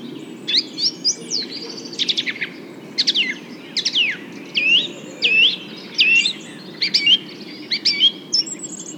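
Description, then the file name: Nightingale song of sharp swooping whistles, rapid rattles and sweet rising notes, delivered in quick separated bursts. Several nightingales. "rossignols"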